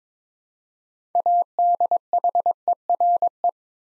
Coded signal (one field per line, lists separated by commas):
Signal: Morse code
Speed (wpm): 22 wpm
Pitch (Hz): 700 Hz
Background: none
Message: ADHERE